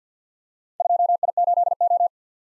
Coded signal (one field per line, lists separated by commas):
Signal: Morse code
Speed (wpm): 51 wpm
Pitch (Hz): 700 Hz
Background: none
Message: 2I8O